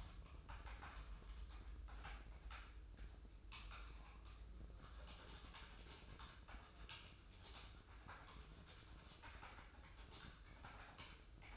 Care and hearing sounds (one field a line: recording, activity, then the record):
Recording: daily activity, microphone in the room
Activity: typing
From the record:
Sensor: 2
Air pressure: 995.1 hPa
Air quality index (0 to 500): 64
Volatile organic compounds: 2 ppm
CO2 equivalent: 1090 ppm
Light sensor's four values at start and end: 17/58/21/22 and 17/57/21/22